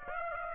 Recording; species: mosquito wingbeat signal from an infrared sensor; Aedes aegypti